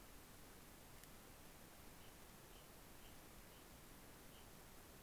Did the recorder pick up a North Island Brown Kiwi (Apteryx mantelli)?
no